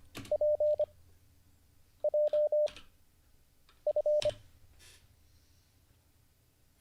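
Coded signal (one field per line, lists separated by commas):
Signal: Morse code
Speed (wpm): 25 wpm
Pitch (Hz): 600 Hz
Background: none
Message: PJF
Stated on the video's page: Livestreamed Morse code learning lesson, day 38.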